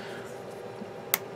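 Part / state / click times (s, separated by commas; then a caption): plastic model kit part tab into locating hole / seated / 1.1 s. A tab on a plastic model kit part is pushed into its locating hole and snaps into place, giving one sharp, bright click at 1.1 seconds. Before the click there is only a quiet, steady low background.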